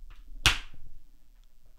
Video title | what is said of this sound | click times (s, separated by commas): Glycine Combat Sub - Affordable Swiss Ceramic Automatic Diver - How To | so you heard the click now it's on | 0.5 s